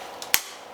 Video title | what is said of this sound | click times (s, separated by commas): 🔥 2012 Ford Focus A/C Condenser Replacement - Step-by-Step DIY Tutorial 🔧❄️ | Now, you probably just heard that little clip. That is now just clipped into place and the condenser is now attached to the radiator. | 0.3 s